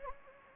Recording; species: mosquito wingbeat signal from an infrared sensor; Anopheles gambiae